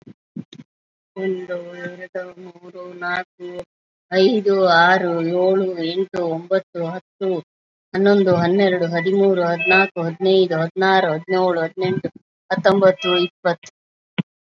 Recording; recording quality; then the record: counting at a fast pace; moderate, slight background noise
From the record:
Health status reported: COVID-19 positive, moderate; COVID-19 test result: positive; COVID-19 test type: RT-PCR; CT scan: taken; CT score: 1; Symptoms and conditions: breathing difficulty, hypertension, diabetes, ischaemic heart disease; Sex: male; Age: 40 years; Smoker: no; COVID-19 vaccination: both doses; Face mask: not worn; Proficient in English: no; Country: India